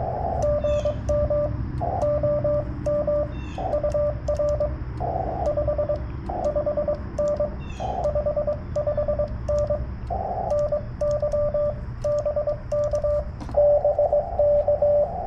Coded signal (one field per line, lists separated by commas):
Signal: Morse code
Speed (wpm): 21 wpm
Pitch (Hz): 590 Hz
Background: radio noise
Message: GM OM UR 55N 55N NY BK BK